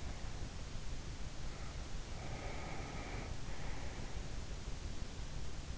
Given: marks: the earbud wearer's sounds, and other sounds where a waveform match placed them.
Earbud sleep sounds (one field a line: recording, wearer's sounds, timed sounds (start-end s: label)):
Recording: sounds in sleep by an in-ear microphone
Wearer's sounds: breath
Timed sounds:
2.01-4.41 s: breath